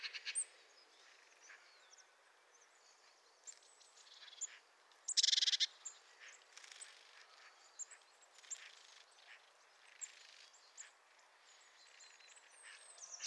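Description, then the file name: Eurasian blue tit calls: scattered high, thin notes with one loud rasping burst midway, then more brief chips over a quiet background. "Cyanistes caeruleus"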